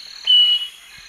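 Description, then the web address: Scaly-breasted Wren song: one pure, steady whistle lasting about a third of a second against a constant high background drone. Song recorded in the eastern lowlands of South America. "Natures Songs S America Eastern Lowlands Microcerculus marginatus, song"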